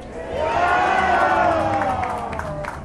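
protest crowd shouting slogans

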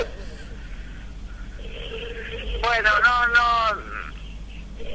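dog barking

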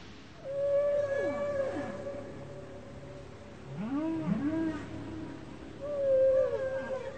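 whale vocalization

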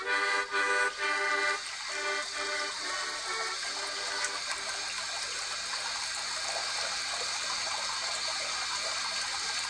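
water running

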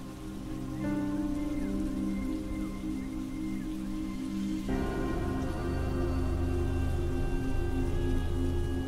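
rain falling

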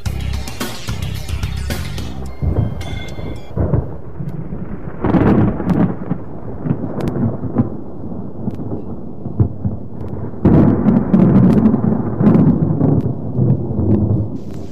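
thunderstorm with rain

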